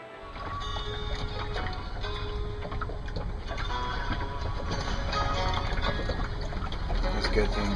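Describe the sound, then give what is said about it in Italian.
A boat rocks on the water, its hull and fittings creaking in scattered squeaks over a steady low rumble and wash of moving water, fairly even in loudness throughout. “The boat is swinging and my shade is swinging from my part.”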